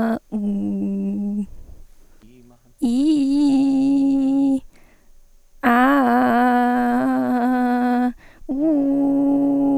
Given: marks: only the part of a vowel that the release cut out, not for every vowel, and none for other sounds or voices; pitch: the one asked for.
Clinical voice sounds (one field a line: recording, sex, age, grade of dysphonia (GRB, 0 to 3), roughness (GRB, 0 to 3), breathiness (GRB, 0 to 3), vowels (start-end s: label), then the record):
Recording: sustained vowels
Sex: female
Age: 18 to 19 years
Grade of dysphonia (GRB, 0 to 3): 2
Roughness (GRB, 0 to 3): 1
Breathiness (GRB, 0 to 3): 0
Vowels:
0.46-1.36 s: vowel /u/, low pitch
2.92-4.07 s: vowel /i/, low-high-low pitch
5.76-7.00 s: vowel /a/, low-high-low pitch
8.56-9.51 s: vowel /u/, low-high-low pitch
From the record:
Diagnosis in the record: healthy voice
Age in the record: 19 years